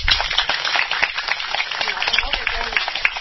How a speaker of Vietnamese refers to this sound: Một tràng pháo tay.